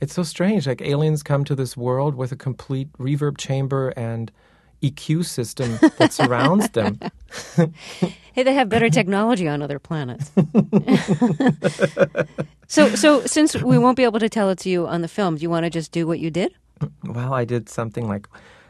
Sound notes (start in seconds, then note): 7.1 soundbite of laughter; 10.2 soundbite of laughter